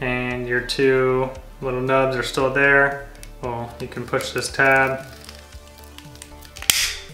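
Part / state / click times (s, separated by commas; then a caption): tourniquet plastic lock release tab on the strap / released / 6.7 s. Someone talks while pushing the release tab on the plastic lock of a tourniquet strap, used for training, so the two locking nubs let go of the strap. After the talk fades, a few faint ticks lead to a sharp click at 6.7 s as the lock tab releases.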